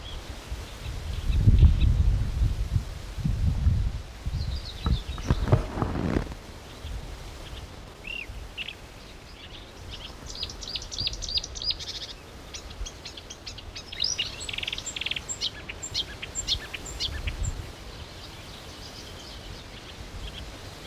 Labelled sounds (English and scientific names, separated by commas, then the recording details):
Marsh Warbler (Acrocephalus palustris) song
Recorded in the wild
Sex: male
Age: adult
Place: Berlin, OT Blankenfelde, Berlin, DE
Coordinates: 52.6167, 13.4
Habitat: field
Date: 1988-06-04
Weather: overcast, 18-20°C, gusty winds
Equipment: Nagra SN, Kopie Tesla B 116
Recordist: Tembrock, Günter